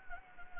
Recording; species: mosquito wingbeat signal from an infrared sensor; Anopheles gambiae